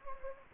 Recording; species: mosquito wingbeat signal from an infrared sensor; Anopheles gambiae